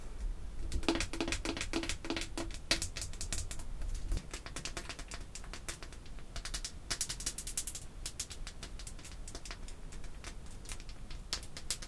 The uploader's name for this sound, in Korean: 인조손톱 태핑 | 향수, 뚜껑 등